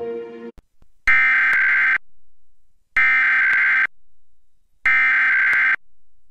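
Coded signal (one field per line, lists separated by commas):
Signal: Emergency Alert System (SAME) tones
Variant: header bursts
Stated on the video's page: National EAS Test (nationwide periodic test).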